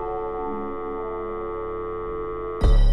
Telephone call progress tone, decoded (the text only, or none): dial tone